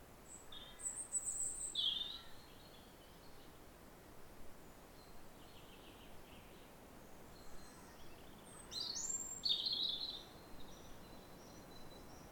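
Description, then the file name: European robin song in two bursts: thin, high tinkling notes around one to two seconds, then a sharper phrase near nine to ten seconds. "Erithacus rubecula"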